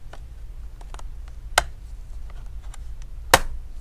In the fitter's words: you hear the pop so right here is the clipper